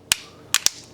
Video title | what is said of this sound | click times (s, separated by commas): HTC Desire 610 Teardown Take Apart - Reassembly | You can hear it snapping in good. | 0.1 s, 0.5 s, 0.7 s